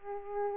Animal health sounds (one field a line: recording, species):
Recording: mosquito wingbeat signal from an infrared sensor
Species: Aedes aegypti